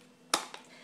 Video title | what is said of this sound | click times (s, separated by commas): Stampin Up Project Life Cards | And the way our stamps are, our pads, they always face down, so when you open them, they lock into place. | 0.3 s